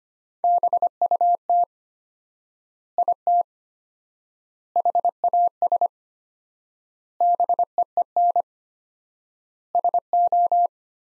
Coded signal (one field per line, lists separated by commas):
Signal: Morse code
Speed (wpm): 25 wpm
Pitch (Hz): 700 Hz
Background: none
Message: BUT IT HAS BEEN SO